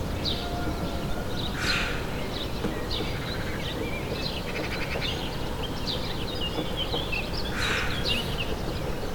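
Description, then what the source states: Birds chirping, with scattered short high notes and twitters. Two brief rushing bursts of noise cut through, and a steady low hum runs underneath. Morning bird ambience.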